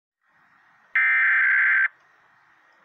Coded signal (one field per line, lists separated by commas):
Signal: Emergency Alert System (SAME) tones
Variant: header bursts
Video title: EAS 818 TN RMT